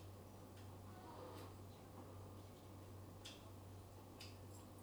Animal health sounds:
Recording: poultry house recording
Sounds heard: no chicken sound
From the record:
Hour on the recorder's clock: 19

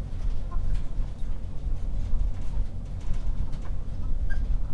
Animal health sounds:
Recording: poultry house recording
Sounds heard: sick chickens (respiratory disease)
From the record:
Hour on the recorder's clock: 0

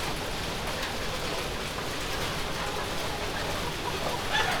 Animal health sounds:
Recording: poultry house recording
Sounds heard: healthy chickens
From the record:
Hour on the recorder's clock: 10

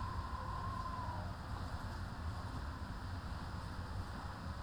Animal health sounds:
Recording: poultry house recording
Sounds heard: healthy chickens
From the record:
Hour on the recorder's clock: 13

